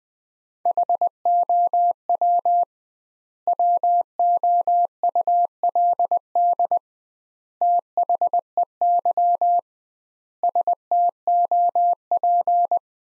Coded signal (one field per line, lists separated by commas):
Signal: Morse code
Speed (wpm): 20 wpm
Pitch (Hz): 700 Hz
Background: none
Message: HOW WOULD THEY STOP